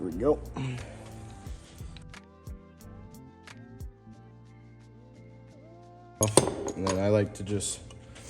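During final engine assembly of an MGA, a valve spring is handled on the cylinder head, its bottom about to be nudged until it drops into its seat. Someone talks over background music, and a few light metallic clinks sound between about 2.0 and 3.5 seconds. Nothing has seated or clicked yet.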